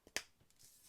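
The front and rear right plastic propeller guard pieces for an Autel Evo 2 are clipped together, giving a sharp, bright click at 0.2 s after a faint tap just before it. A softer tick follows at 0.5 s, and the two halves are joined.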